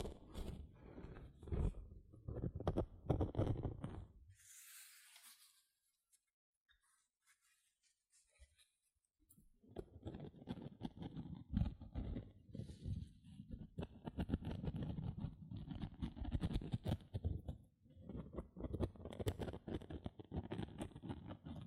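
Gentle scratching fills the opening seconds, a dense, rapid rasp with a soft low body. Around five seconds a brief bright hiss cuts through, then nearly four seconds of quiet follow. From about ten seconds the busy scratching resumes and continues, pausing briefly near seventeen seconds.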